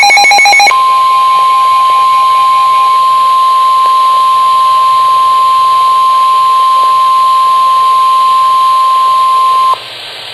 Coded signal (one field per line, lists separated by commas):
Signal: Emergency Alert System (SAME) tones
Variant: 1050 Hz attention tone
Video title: EAS Alert #19 - Severe Thunderstorm Warning 5/12/14